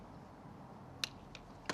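A torque wrench on a spark plug socket tightens a new spark plug into the cylinder head of a 2004 Suzuki GSX-R 750 (K4) motorcycle, against a low steady background. The wrench gives a sharp click at 1.0 s, signalling that it has reached its set torque, followed by a fainter tick at 1.4 s and a louder knock at 1.7 s.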